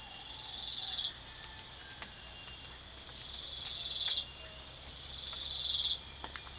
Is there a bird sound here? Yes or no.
no